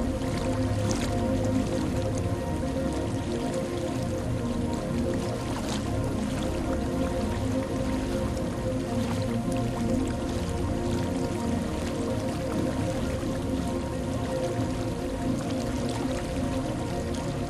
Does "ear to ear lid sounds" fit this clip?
no